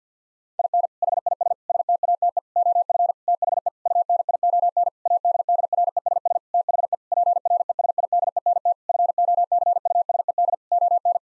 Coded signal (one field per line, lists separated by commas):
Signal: Morse code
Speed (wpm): 50 wpm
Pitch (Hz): 700 Hz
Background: none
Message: IN HIS STATE OF THE UNION ADDRESS THE PRESIDENT FOCUSED ON